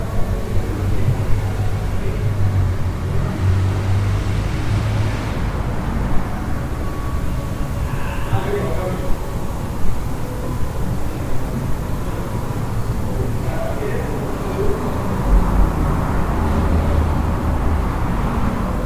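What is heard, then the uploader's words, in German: Noises from a hostel room in Central America: a steady, dense rumble runs throughout, with a low hum and occasional swells in the bass. Faint voices and brief rattles surface now and then, especially around the eighth and fourteenth seconds, over a constant hiss. Abenteuerliche Geräusche aus einem Hostelzimmer in Mittelamerika.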